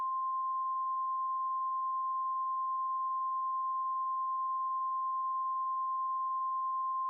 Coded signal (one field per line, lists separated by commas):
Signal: Emergency Alert System (SAME) tones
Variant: 1050 Hz attention tone